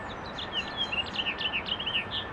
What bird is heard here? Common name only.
House Finch